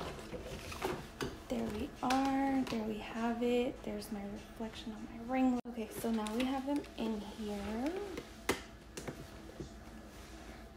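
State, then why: Not seated. Someone talks while closing the plastic lid of a collectible figure protector case over two figures. A few short taps come near the end, around 8.5 s and 9.0 s. The lid does not click shut, and nothing has clicked.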